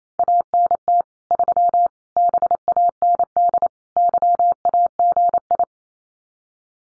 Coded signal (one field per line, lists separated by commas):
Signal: Morse code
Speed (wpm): 28 wpm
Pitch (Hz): 700 Hz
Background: none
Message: ANT 3 BAND YAGI